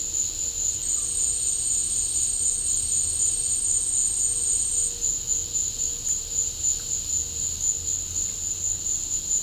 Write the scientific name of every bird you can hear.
none